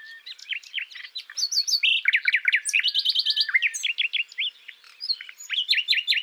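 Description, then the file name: Common nightingale with an energetic stream of repeated, slurred chirping notes. "Luscinia megarhynchos"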